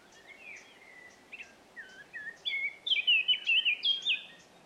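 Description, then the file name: Eurasian blackcap song: soft scratchy warbling notes building into a louder run of clear, fluty whistled phrases toward the end, over steady background hiss. "Sylvia atricapilla"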